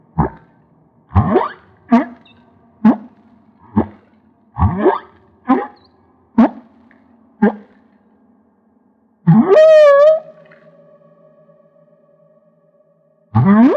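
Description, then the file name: Humpback whale song: a series of short rising whoops, followed by a longer harmonic cry. Recorded off Maui. "Humpback Whale - Maui Whale One"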